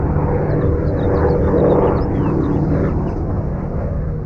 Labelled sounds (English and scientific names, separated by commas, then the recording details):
House Finch (Haemorhous mexicanus) song
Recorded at Breezy Point on Long Island, New York, on 4 June 1975
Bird B